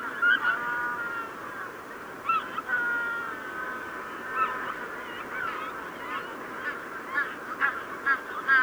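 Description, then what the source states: Magellanic penguins braying together, overlapping harmonic honking notes with short stuttering pulses, several birds calling at once. Evening chorus of Magellanic penguins.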